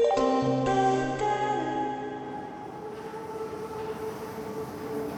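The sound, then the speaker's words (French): A metro train at Pont de Neuilly station hums with a layered, steady electric whine that drops in pitch and fades, leaving a continuous rumbling roar of the train rolling along. No one speaks. “En descendant les escaliers du métro Pont de Neuilly, Virginie fait la rencontre de dizaines de chauves-souris”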